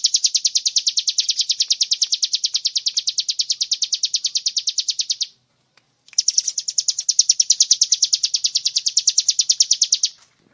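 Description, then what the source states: Bar-winged prinia song, a long fast run of sharp high chipping notes, pausing briefly near the middle before resuming. Used to train cage birds.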